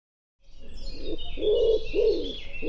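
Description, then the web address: Bird gives a few low, breathy coos in quick succession as high chirping from other birds runs over the top. "cianscape birddata Deverinetal 2025 Bird Co Pa Co Pa"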